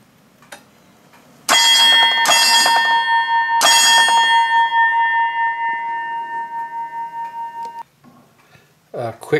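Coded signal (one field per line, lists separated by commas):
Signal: ship's bell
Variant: Chelsea ship's bell clock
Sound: a large bell struck twice quickly, then once more, ringing on sustained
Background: small room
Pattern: 2-1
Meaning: Three bells, marking half past five in the ship's watch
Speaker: relay energized when we get to five thirty here we go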